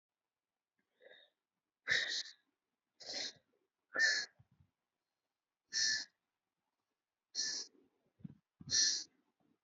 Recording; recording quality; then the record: deep breathing; excellent, no background noise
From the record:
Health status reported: healthy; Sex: male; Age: 26 years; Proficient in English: yes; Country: India